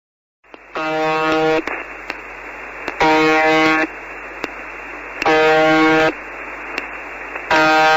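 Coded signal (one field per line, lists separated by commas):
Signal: channel marker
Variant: UVB-76 (The Buzzer)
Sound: harsh low buzz about one second long, repeating about every 2.3 seconds, 4 buzzes heard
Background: radio static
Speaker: the signal continues and has never been explained. Михаил, Дмитрий,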